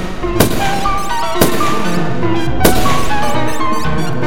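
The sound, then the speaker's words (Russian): Three sharp revolver shots ring out, roughly a second apart, each a sudden loud crack cutting through a steady bed of tonal background music, as a revolver is snatched out and fired several times at Magnus. “И когда с последними словами Магнуса во мне погас последний свет, и непроницаемая тьма объяла меня, я выхватил револьвер и несколько раз выстрелил в Магнуса.”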